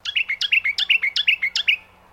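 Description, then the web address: Brown honeyeater call: a rapid series of sharp chirps alternating with lower clipped notes, repeated quickly for under two seconds, then quiet. "Sound Effects-Foundation 1 BIRD BROWN HONEY EATER CALL"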